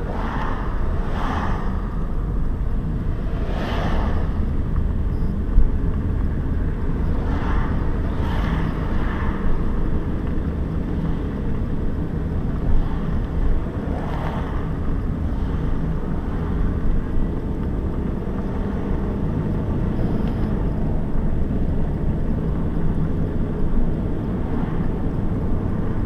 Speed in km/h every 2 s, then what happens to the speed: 20, 25, 25, 36, 37, 36, 32, 34, 36, 46, 48, 51, 52.
0-6 speeds up to 36. 6-17 steady at about 36. 17-21 speeds up to 51.